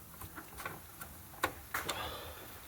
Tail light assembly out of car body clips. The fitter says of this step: going to spin that out okay and then the tail light will pop